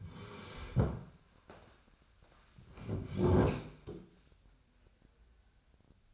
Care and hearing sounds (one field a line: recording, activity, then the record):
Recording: daily activity, microphone in the room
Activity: sit down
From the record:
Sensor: 2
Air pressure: 1015.1 hPa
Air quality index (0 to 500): 158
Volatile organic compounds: 8 ppm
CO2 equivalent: 2044 ppm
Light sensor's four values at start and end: 10/28/11/13 and 12/33/13/14